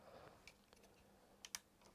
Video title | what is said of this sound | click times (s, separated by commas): Anycubic Vyper unboxing | so that just Clips in has retention so it's not going to go anywhere | 1.6 s